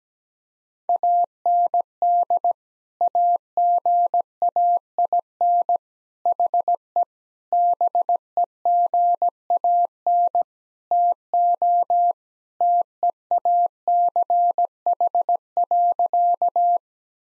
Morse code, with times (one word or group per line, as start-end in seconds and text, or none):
0.9-2.5 AND
3.0-5.8 AGAIN
6.3-7.0 HE
7.5-10.4 BEGAN
10.9-12.1 TO
12.6-16.8 TEACH.